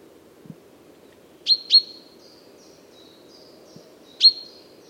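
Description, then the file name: Common chaffinch calls: short sharp high notes, a quick pair then a single one, with faint thin whistles between over a steady low hum. "Fringilla coelebs"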